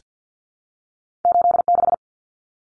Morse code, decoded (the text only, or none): 86